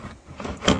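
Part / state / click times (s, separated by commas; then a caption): cassette toilet waste tank into caravan toilet compartment / seated / 0.7 s. The cassette toilet waste tank of a 2008 Oxford Road Master caravan is pushed back round and slid into its compartment, making a rubbing, scraping sound with a soft bump at 0.4 s. A sharp click at 0.7 s marks the tank latching into place, and it is seated.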